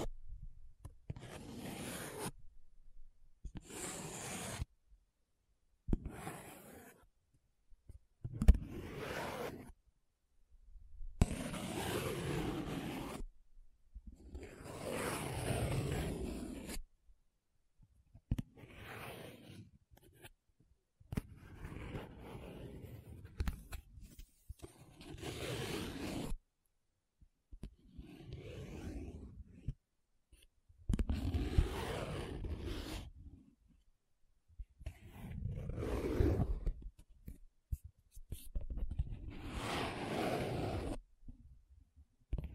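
Paper being rubbed and scratched in a series of separate strokes, each lasting one to three seconds with short silences between. The strokes are rough, gritty and full-bodied, some swelling louder in the middle, and they repeat irregularly throughout with no other sounds.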